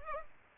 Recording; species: mosquito wingbeat signal from an infrared sensor; Culex pipiens